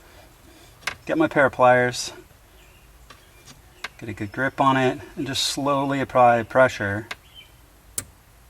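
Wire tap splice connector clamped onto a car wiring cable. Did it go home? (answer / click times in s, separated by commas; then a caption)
yes / 8.0 s. A plastic wire-tap splice connector is slowly squeezed shut with pliers over a power cable in a BMW F32 435i's car wiring during an aftermarket Inbay Qi wireless charger installation. Someone talks, with a few faint ticks, then a sharp click at 8.0 s as the connector's locking tab snaps shut. The connector is seated, with both taps clicked into place.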